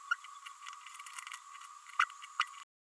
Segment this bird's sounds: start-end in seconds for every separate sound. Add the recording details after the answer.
1.99-2.05, 2.39-2.44. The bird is a male. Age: 31 days. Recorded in a nest box in Venezuela. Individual 17B102A4